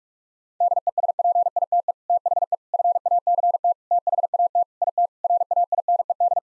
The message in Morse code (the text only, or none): DESPITE THE FACT THAT IT RAINED